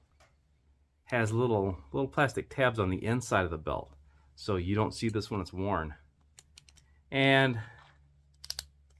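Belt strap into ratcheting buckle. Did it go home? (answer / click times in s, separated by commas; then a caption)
yes / 8.4 s, 8.5 s, 8.6 s. Someone talks while a leather belt strap with little plastic ratchet tabs on its inside, hidden when worn, is pushed through a ratcheting buckle. Faint ticks come at about 6.4 to 6.7 s, then sharp clicks at 8.4, 8.5 and 8.6 s as the buckle catches notch by notch. The strap clicks into place and is seated.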